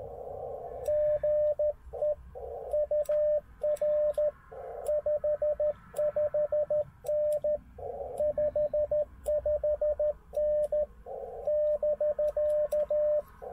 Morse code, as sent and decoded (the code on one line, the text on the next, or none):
--. . / ..- .-. / ..... ..... -. / ..... ..... -. / -...-.-
GE UR 55N 55N <BK>